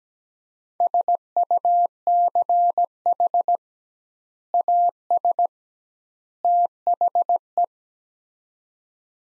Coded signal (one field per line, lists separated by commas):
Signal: Morse code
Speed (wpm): 17 wpm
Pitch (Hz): 700 Hz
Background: none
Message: SUCH AS THE